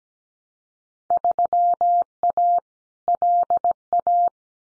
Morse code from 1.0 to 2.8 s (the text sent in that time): 3A